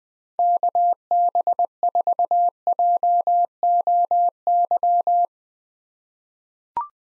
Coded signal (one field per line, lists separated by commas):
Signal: Morse code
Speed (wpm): 20 wpm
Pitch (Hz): 700 Hz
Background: none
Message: KB4JOY